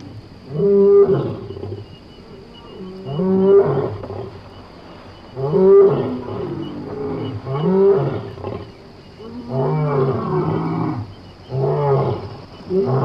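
Lion roaring in a series of deep, harmonic moaning calls, each lasting about a second, repeated every two to three seconds.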